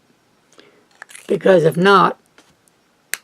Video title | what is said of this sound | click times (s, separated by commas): Episode 489 Faber Castell Loom | a click you have to pull it apart you don't want that easy to go over just in case you | 3.1 s